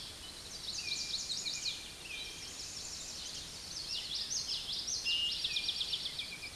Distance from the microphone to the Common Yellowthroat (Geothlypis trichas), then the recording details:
about 25 m. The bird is about 5 m above the microphone. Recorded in a Pennsylvania forest on 16 May 2024 at 06:37. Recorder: AudioMoth, point MSD-2453. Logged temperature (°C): 16.3 °C. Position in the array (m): 232 m, 176 m